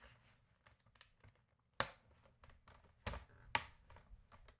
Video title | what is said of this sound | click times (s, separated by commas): WATCH THIS WHILE FOLDING LAUNDRY | And they just supposedly click into place. | 1.8 s, 3.5 s